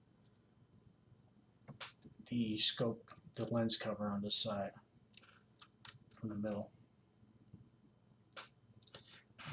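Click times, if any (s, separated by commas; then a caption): 8.8 s, 8.9 s. A flip-up lens cover is pushed onto a rifle scope from the side while someone talks, and it snaps into place with sharp clicks at 8.8 and 8.9 seconds. A few other light clicks occur earlier, around 0.3 and 5.2 to 6.1 seconds.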